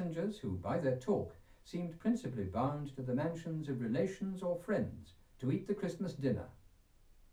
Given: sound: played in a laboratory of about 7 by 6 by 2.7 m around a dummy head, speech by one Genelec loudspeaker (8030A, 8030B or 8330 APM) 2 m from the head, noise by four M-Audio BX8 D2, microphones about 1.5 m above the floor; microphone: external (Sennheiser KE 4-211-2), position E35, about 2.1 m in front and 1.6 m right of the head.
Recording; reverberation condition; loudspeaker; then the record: male speech in English; low; 150 degrees to the right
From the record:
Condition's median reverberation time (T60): about 310 ms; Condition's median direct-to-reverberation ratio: about 3.5 dB